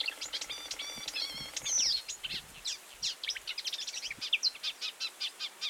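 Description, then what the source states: Marsh warbler song, a fast, dense run of varied high chattering and scratchy notes with brief whistled phrases, continuing without pause. Recorded 10 July 2019.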